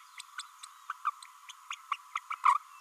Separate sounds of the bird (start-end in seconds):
0.18-0.21, 0.38-0.42, 0.89-0.93, 1.05-1.11, 1.49-1.52, 1.71-1.75, 1.91-1.96, 2.15-2.19, 2.30-2.35, 2.45-2.58